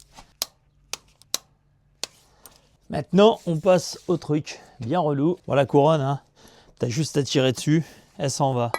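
A torque wrench set to 12 Nm tightens the small brake-pad screws on a Ducati Monster, giving sharp clicks at 0.4, 0.9, 1.3 and 2.0 s as each reaches the setting. Fainter ticks follow, then someone talks from about 2.9 s.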